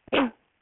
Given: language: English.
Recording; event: throat vibration sensor signal played as sound; cough